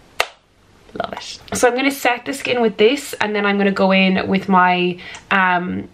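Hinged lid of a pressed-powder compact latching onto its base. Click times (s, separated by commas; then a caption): 0.2 s. The hinged plastic lid of a Charlotte Tilbury Airbrush Flawless Finish Skin Perfecting Micro Powder compact, shade 2 (medium), is closed and latches onto its base with a sharp click at 0.2 s. After a short quiet pause, someone talks.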